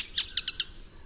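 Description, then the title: Canebrake groundcreeper giving five short, bright chirps in rapid succession, each sharp and high, against a faint continuous high tone. "LuckyPassaro Completos2Sama. Canebrake Groundcreeper (Clibanornis dendrocolaptoides)"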